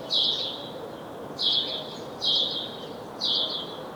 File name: Passer domesticus